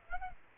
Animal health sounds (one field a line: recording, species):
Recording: mosquito wingbeat signal from an infrared sensor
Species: Aedes albopictus